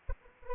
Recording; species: mosquito wingbeat signal from an infrared sensor; Anopheles arabiensis